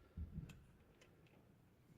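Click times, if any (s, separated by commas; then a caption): 0.5 s, 1.0 s. A click-type torque wrench, its setting locked with a screw and its handle turned, is tightened until it reaches its preset torque and clicks. Sharp clicks sound at 0.5 s and 1.0 s after a low thump near 0.2 to 0.4 s. The wrench is confirmed to click at its set torque.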